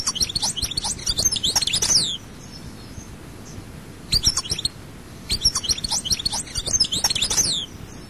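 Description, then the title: Goldfinch twittering song in three bursts of quick, high, tinkling notes separated by brief quiet gaps. "Chant Chardonneret"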